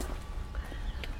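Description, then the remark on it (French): Stones clatter against aluminium in a quick, irregular run of sharp knocks with a bright metallic edge, set over a steady low rumble. No voices are heard. “le son là de la des pierres sur l'aluminium, c'est magnifique ça”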